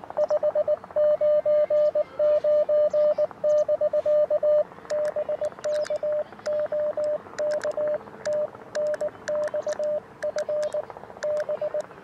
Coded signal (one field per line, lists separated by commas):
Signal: Morse code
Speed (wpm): 20 wpm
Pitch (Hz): 590 Hz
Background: radio noise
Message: 599 <BK> BK OK TNX FB